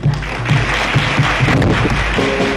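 A crowd at the opening of the Jazz Jamboree 59 jazz festival in Warsaw applauds Leopold Tyrmand, a dense, continuous wash of many hands clapping at once, loud and even throughout, with a faint low hum underneath and no one speaking.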